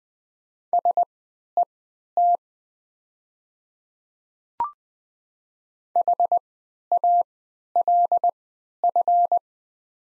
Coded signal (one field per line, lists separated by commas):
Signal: Morse code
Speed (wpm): 20 wpm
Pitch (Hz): 700 Hz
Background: none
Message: SET HALF